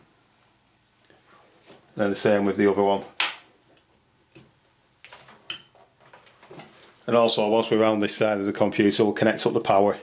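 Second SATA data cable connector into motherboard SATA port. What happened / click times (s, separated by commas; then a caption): The second small connector clicked into its socket / 5.5 s. Someone talks, then a second SATA data cable connector is pushed into its SATA port on a motherboard, the same way as the first one. A sharp click at 5.5 s, after faint handling ticks, marks the connector latching into place, and the talking resumes.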